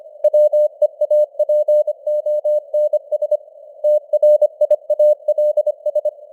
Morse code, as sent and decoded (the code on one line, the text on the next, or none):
.-- . .- .--. --- -. ... / - .-. .. .- .-.. ...
WEAPONS TRIALS